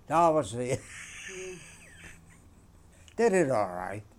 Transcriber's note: he laughs